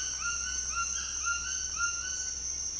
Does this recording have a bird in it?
yes